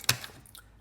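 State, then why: Partly seated. A motorcycle smart display is pushed into its handlebar mount bracket, giving only a very slight click at 0.1 s followed by a few faint ticks. The click is too weak because the mount is slightly too tight, so the display seats only partly.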